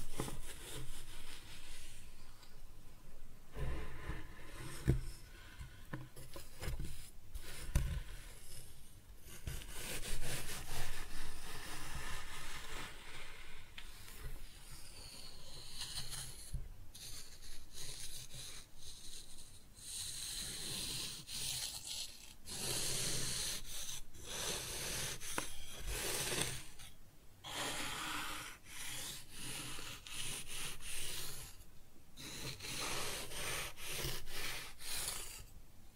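Kinetic sand being cut and scooped, a steady gritty rustle and scraping with soft thuds near 4, 7 and 10 seconds.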